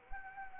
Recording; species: mosquito wingbeat signal from an infrared sensor; Anopheles arabiensis